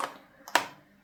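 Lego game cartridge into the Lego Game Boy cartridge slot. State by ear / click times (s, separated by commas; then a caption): seated / 0.6 s. A Lego brick-built game cartridge is slid into the cartridge slot of a Lego Nintendo Game Boy. A faint tap at the start and a softer scrape are followed by a sharp plastic click at 0.6 s as the cartridge seats.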